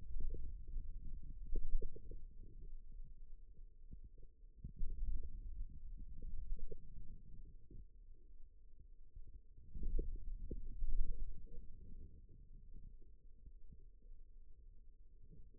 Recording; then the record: forearm muscle sounds (acoustic myography)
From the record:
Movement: wrist flexion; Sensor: system 2, bracelet of six BSWA MPA416 microphones around the upper forearm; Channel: 4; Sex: male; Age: 22 years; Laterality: right